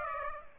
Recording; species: mosquito wingbeat signal from an infrared sensor; Aedes aegypti